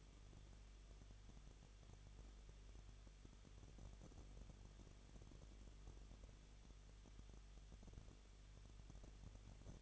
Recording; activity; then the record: daily activity, microphone in the room; no activity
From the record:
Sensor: 4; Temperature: 23.0 degrees Celsius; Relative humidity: 34.4%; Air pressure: 1007.2 hPa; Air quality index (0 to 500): 217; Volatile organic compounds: 15 ppm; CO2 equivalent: 2513 ppm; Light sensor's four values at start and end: 2/3/1/1 and 2/3/1/1